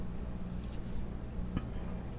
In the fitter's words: how this looks like it's closed but it still has a little bit so until it you hear it snap all the way